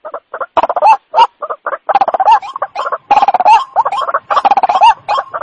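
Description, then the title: White-breasted waterhen calling with loud rasping croaks in uneven bursts, separated by abrupt silent gaps. Local name ruak-ruak; recording used as a lure sound (panciang) for catching the bird. "Panciang Suara Burung Ruak Ruak"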